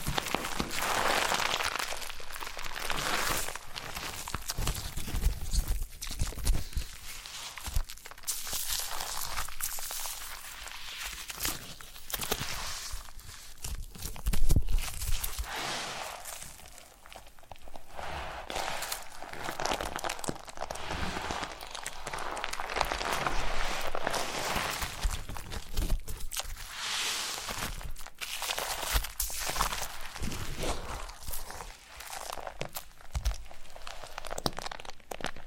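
Foam being rubbed and squeezed in close, continuous bursts of soft crinkling and crunching that swell and fade every second or so. The strokes are bright and hissy, irregular in pace, with a louder squeeze near fifteen seconds and a brief lull around seventeen.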